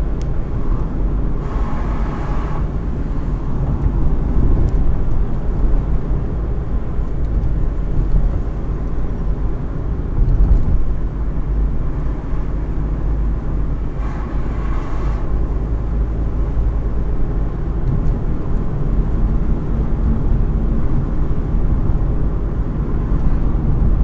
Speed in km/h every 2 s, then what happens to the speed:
59, 58, 61, 59, 57, 55, 57, 60, 62, 63, 62, 62.
0-5 steady at about 59. 5-11 slows to 55. 11-16 speeds up to 62. 16-24 steady at about 62.